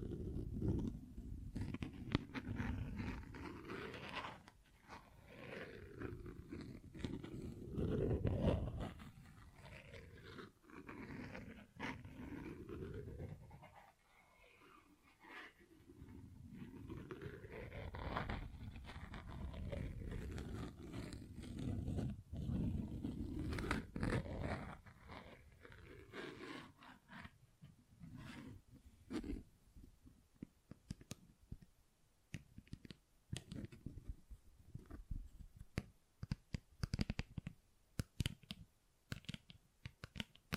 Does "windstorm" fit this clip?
no